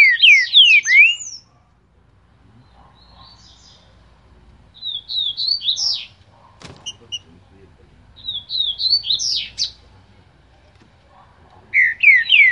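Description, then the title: Green-winged saltator singing several short phrases of rich, slurred whistles separated by quiet gaps, with one sharp click midway. Singing bird; song labelled as voice type 07. "Canto De Trinca Ferro Voz 07. TRINCA FERRO CANTADOR"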